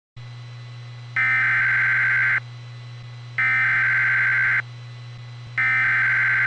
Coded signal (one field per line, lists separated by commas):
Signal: Emergency Alert System (SAME) tones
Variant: header bursts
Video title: EAS SEVERE THUNDERSTORM WATCH BOSTON HARBOR